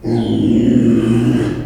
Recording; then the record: squeal of a Yucatan mini pig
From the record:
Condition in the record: after surgery on the right vocal fold (resection and tissue-engineered implant); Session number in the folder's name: 2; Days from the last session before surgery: 13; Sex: male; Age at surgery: 12 weeks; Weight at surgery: 13 kg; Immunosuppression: cyclosporine, prednisolone